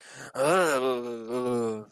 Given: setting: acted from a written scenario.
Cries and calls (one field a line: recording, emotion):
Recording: vocal sound without words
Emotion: ecstasy